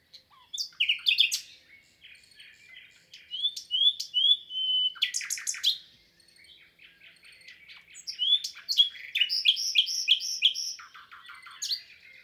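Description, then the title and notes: Common nightingale singing varied phrases: sharp chips, short whistles, and a loud series of repeated notes near the end. Song recorded 22 April 2020 at Lesches-en-Diois, France, the third recording since the birds' arrival, in silence from human noise; stereo, Nagra Seven recorder with MKH8040 microphones. "22 avril 2020-Lesches en diois_ Nagra seven - mkh8040 stéréo Cette année restera pour moi exceptionnelle pour le chant du Rossignol Philomène (Luscinia megarhynchos)"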